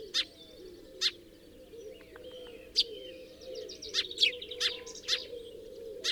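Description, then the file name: House sparrow chirps, several scattered sharp notes among softer twittering, over a noisy low background hum. "Passer domesticus"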